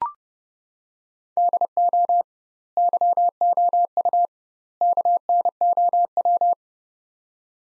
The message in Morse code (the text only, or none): DO YOU KNOW